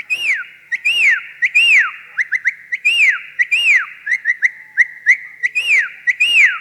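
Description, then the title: Javan pied starling alternating loud falling whistles with clusters of quick rising chirps, repeated rhythmically throughout. "Jalak Uren"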